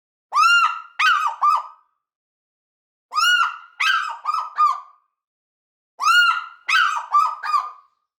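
African fish eagle giving three loud yelping phrases, each a drawn-out ringing note followed by quick yelps, spaced roughly three seconds apart.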